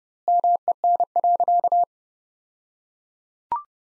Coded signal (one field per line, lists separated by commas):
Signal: Morse code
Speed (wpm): 28 wpm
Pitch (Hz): 700 Hz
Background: none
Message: MEN.